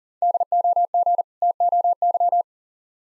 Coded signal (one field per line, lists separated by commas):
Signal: Morse code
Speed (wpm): 38 wpm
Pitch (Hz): 700 Hz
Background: none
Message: DOG TOY